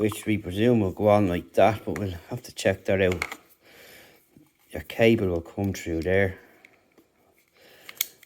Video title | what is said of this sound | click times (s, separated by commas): Google Nest Cam with floodlight and Indoor cam wired unboxing and first look | and this locks into place so that's okay so | 8.0 s